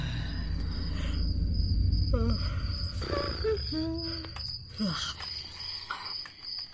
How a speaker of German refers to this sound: Sag mal, kannst du das Zirpe nicht abstellen? Wenn man den Knopf zum Ausschalten zeigst? Ach, das ist alles so romantisch. Wie in der Karibik.